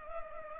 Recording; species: mosquito wingbeat signal from an infrared sensor; Culex pipiens